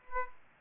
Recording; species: mosquito wingbeat signal from an infrared sensor; Aedes aegypti